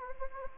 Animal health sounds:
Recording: mosquito wingbeat signal from an infrared sensor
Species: Anopheles gambiae

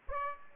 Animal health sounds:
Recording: mosquito wingbeat signal from an infrared sensor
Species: Aedes aegypti

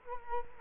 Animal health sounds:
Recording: mosquito wingbeat signal from an infrared sensor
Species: Culex quinquefasciatus

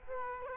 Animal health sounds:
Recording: mosquito wingbeat signal from an infrared sensor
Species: Culex quinquefasciatus

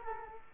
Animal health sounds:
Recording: mosquito wingbeat signal from an infrared sensor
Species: Culex quinquefasciatus

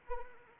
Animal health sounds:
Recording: mosquito wingbeat signal from an infrared sensor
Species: Anopheles arabiensis

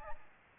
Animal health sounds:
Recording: mosquito wingbeat signal from an infrared sensor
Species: Aedes albopictus

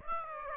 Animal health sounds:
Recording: mosquito wingbeat signal from an infrared sensor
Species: Aedes aegypti

